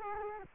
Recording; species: mosquito wingbeat signal from an infrared sensor; Culex quinquefasciatus